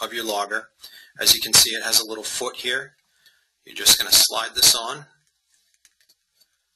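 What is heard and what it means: Someone talks while handling a 1 ft light pipe with a small foot, which is being slid onto the back of a plastic data logger. After the talk ends, only a few faint ticks remain. Nothing has seated or clicked yet.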